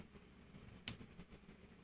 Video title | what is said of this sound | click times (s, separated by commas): DW Magnetic Fountain Pen (probably the same design as Evangelion fountain pen) - Dami Wonka Pen | which is snapped into place magnetically | 0.9 s